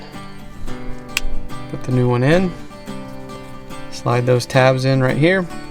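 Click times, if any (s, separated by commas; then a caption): none. A plastic battery cover is handled against a BMW key fob housing after a new coin battery is fitted, its tabs being slid into place while someone talks over background music. The cover has not snapped shut or seated yet; no click has happened by the end of the clip.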